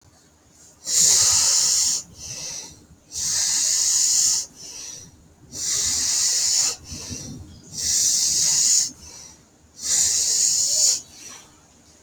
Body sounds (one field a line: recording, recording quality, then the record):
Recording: deep breathing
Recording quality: excellent, no background noise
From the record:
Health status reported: healthy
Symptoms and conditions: none ticked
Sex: female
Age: 60 years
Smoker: not ticked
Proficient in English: yes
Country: India